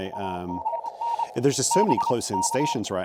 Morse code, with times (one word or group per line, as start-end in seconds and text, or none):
0.1-1.2 AGN
1.7-2.7 BK